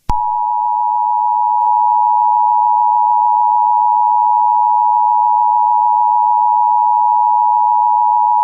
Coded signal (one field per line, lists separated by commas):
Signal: Emergency Alert System (SAME) tones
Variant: 853 and 960 Hz attention tone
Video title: EAS Scenario #8: Light's Rampage pt II; The Derailment/The Beginning Of The Best Part